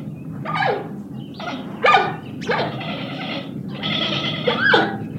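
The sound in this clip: Giant panda giving several harsh, bleating calls with falling pitch, over a low steady background hum.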